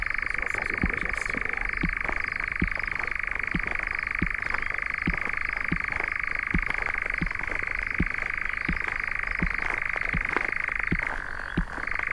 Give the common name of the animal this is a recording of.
Eurasian Nightjar